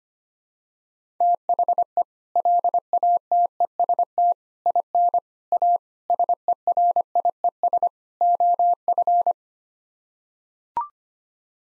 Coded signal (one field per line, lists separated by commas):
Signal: Morse code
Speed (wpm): 25 wpm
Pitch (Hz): 700 Hz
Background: none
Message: THE LATEST IN A SERIES OF